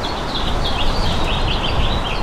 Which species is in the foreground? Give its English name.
House Finch